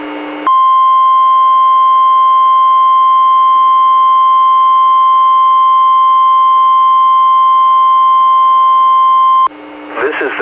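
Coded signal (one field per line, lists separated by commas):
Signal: Emergency Alert System (SAME) tones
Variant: 1050 Hz attention tone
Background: speech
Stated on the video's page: Two Required Weekly Tests from the National Weather Service, relayed by a NOAA Weather Radio station and recorded from a weather radio receiver through an audio recorder.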